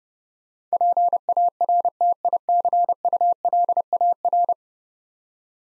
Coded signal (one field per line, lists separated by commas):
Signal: Morse code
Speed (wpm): 30 wpm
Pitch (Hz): 700 Hz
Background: none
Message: PARTICULAR